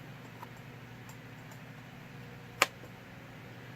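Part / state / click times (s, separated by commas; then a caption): knife into leather sheath / seated / 2.6 s. A knife is slid into a wet-formed, slightly hardened leather sheath and snaps into place with a single sharp click at 2.6 s. Apart from a faint tick near 0.4 s, there is only a quiet background hum. The knife is seated in the sheath.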